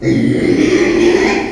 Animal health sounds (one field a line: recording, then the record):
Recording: squeal of a Yucatan mini pig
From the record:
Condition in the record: after surgery on the right vocal fold (resection and tissue-engineered implant)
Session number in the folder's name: 2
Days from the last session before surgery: 13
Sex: male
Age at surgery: 12 weeks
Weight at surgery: 13 kg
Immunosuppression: cyclosporine, prednisolone